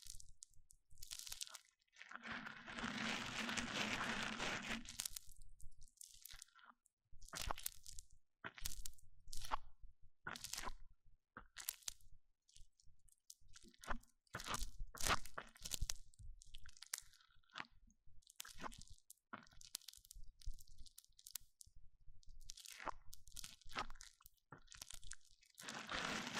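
Mic-on-mic trigger sounds: irregular crunching and crackling bursts, a dense rustling stretch near the start, then sharp scattered taps and scrapes with brief silences.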